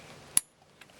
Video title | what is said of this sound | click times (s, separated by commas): Part 8 CPU Heatsink installation | we heard the click so that's | 0.4 s